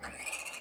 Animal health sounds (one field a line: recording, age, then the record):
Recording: pig call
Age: piglet (1 to 25 days)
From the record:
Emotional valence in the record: negative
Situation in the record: castration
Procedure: castration, cut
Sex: male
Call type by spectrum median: high-frequency call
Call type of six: high-frequency stable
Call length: 0.61 s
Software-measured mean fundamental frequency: 199 Hz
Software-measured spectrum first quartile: 2052 Hz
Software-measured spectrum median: 3448 Hz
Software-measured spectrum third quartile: 8136 Hz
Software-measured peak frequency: 2476 Hz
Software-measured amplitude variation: 194 dB a second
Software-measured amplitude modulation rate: 15.5 a second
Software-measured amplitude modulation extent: 12.5 dB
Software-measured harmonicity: 1.8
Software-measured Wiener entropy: -2.27